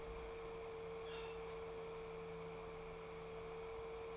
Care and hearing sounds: daily activity, microphone in the room; open fridge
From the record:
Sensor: 1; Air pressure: 1015.0 hPa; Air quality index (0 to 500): 194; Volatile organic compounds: 22 ppm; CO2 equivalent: 2739 ppm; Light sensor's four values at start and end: 31/78/33/40 and 31/78/33/40

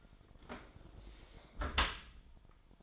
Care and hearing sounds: daily activity, microphone in the room; close dishwasher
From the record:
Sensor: 5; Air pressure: 1003.2 hPa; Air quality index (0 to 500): 133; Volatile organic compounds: 1 ppm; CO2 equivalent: 971 ppm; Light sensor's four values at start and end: 80/194/81/92 and 85/207/86/98

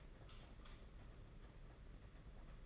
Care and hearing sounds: daily activity, microphone in the room; light on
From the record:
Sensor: 4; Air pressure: 992.7 hPa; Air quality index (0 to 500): 169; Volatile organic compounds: 253 ppm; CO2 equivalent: 4369 ppm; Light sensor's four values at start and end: 4/8/3/3 and 4/8/3/3

